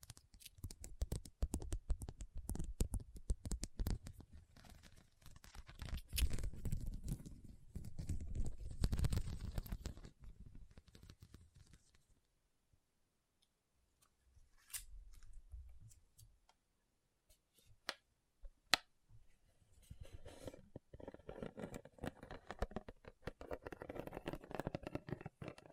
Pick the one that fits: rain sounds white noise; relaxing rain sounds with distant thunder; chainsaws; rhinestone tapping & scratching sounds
rhinestone tapping & scratching sounds